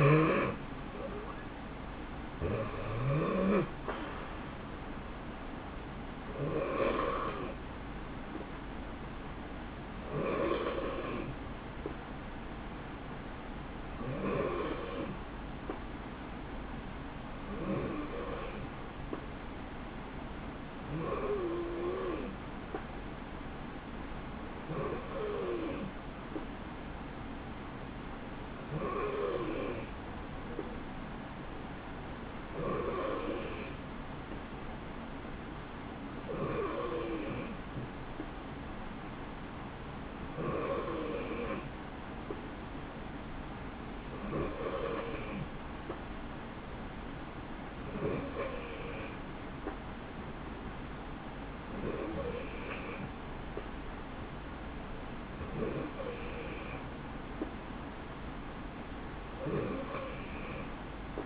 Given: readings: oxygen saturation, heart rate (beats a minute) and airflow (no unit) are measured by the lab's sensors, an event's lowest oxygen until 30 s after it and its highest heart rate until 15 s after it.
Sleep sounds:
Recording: breathing in sleep by a voice recorder at the bedside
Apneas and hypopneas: 1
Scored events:
10.00-53.10 s: hypopnea (N3, oxygen 93% highest, then 90% lowest, heart rate 62 at the start, 68 highest)
From the record:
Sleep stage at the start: N3 (deep sleep)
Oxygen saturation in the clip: 90 to 93%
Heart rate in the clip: 62 to 73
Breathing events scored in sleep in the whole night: 160 in 9.3 hours asleep

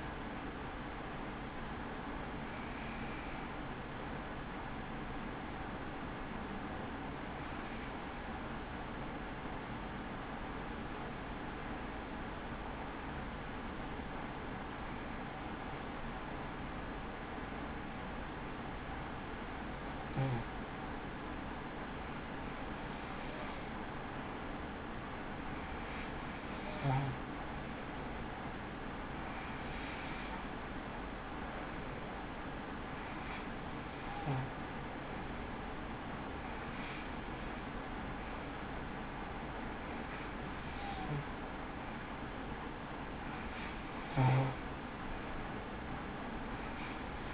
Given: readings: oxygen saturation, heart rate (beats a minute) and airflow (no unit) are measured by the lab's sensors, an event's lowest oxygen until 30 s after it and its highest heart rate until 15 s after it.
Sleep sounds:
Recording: breathing in sleep by a voice recorder at the bedside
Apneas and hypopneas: 1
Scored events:
5.00-47.34 s: new sleep stage, N2 (light sleep)
8.00-32.40 s: hypopnea (N2, oxygen 96% highest, then 93% lowest)
From the record:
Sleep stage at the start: N1 (lightest sleep)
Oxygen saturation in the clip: 93 to 96%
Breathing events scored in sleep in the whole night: 83 in 6.1 hours asleep

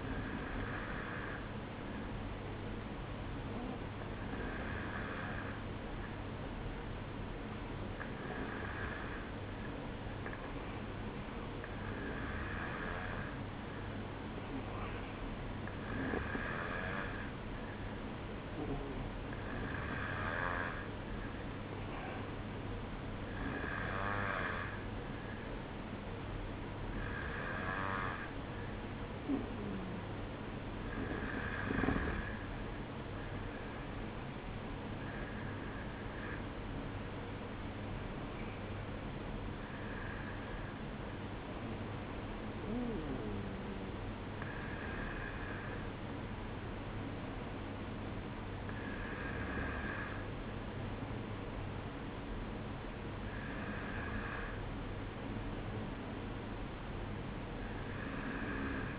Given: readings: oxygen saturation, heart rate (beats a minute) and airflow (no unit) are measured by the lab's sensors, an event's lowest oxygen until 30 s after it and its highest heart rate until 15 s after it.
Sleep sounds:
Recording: breathing in sleep by a voice recorder at the bedside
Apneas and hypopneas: none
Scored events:
28.00-58.98 s: new sleep stage, N1 (lightest sleep)
From the record:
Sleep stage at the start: N2 (light sleep)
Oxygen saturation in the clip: 92 to 94%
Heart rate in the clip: 52 to 56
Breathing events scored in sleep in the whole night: 305 in 9.6 hours asleep

